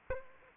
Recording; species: mosquito wingbeat signal from an infrared sensor; Aedes aegypti